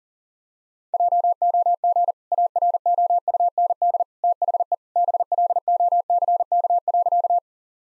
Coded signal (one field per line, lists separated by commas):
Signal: Morse code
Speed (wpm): 37 wpm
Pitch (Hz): 700 Hz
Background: none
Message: JOG AROUND THE BLOCK.